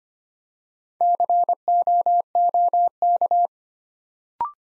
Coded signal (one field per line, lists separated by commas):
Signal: Morse code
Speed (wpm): 25 wpm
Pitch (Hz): 700 Hz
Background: none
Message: COOK